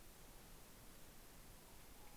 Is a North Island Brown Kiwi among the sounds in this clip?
no